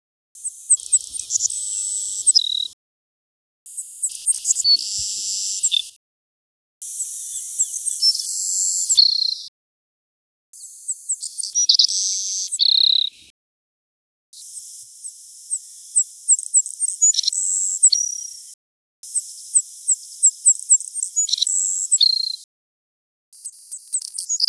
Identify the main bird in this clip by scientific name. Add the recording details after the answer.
Passerculus sandwichensis. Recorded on Kent Island, New Brunswick, in 1996